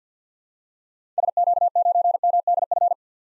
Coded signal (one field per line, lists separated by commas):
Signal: Morse code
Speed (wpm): 50 wpm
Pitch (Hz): 700 Hz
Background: none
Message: SQ9MDF